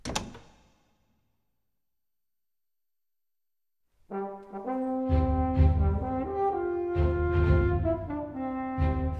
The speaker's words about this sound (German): Mr. Fogg verschwand im Schlafzimmer und verschloss hinter sich leise die Tür.